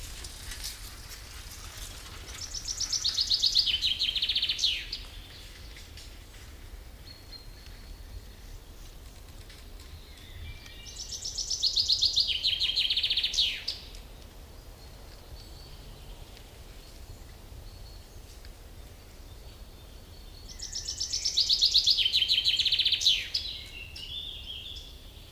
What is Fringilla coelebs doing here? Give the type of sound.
song